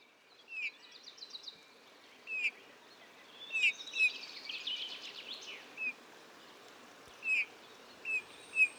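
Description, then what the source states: Eurasian bullfinch short piped notes repeated at irregular intervals, with a brief burst of soft twittering warble in the middle. Male in breeding plumage perched on budding blackthorn, La Sarcena, Drôme, France, 15 March 2020; a few calls then soft, barely audible warble; Nagra Seven recorder with Telinga Pro7 parabola.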